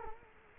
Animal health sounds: mosquito wingbeat signal from an infrared sensor; Culex quinquefasciatus

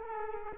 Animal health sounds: mosquito wingbeat signal from an infrared sensor; Culex quinquefasciatus

